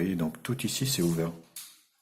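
A protective case or cover is being handled on a 10-inch VOYO Q101 tablet while someone talks throughout, with a brief broadband rustle near 1.6 s as the sound fades. The part is not yet pressed home; nothing has seated or clicked yet.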